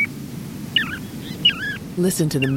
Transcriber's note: Whistled notes of Piping Plovers